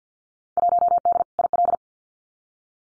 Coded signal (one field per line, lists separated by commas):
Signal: Morse code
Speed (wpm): 50 wpm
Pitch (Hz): 700 Hz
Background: none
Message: 1D IL